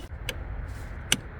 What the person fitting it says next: All right, you can hear it clicking into place.